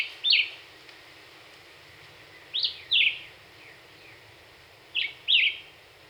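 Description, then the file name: Black-whiskered Vireo singing brief two-note whistled phrases, three phrases spaced roughly two and a half seconds apart. Recorded 26 April 2019; 27 songs delivered within one minute. "2019-04-26 Black-whiskered Vireo 1 Min 27 Songs"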